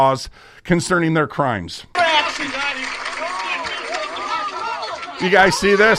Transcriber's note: clapping